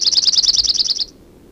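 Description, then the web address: Chipping Sparrow singing a rapid, level trill of dry repeated chips that stops abruptly after about one second, followed by quiet. "Chipping Sparrow Sounds --LNSCourse Cassette"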